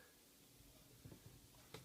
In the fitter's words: so now I'm going to move this actuator all the way in till it clicks